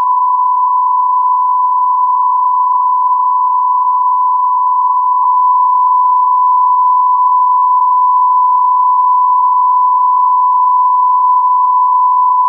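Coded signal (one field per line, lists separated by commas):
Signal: radio time signal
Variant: Beta, RJH77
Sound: a single continuous steady tone around 1 kHz, unchanging for twelve seconds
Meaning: Unmodulated carrier with no time ticks in this part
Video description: 06:46 : Unmodulated carrier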